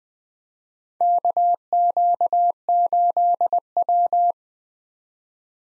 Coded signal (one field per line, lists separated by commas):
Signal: Morse code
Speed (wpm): 20 wpm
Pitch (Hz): 700 Hz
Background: none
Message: KQ8W